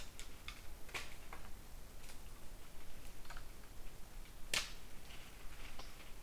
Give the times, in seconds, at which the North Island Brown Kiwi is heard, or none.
none